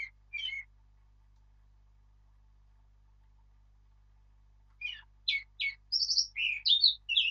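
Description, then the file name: Eurasian blackcap song: a few brief notes, several seconds of quiet, then a burst of chattering notes turning into clear fluty whistled phrases. "Sylvia atricapilla"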